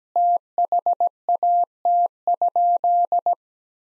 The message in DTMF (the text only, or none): none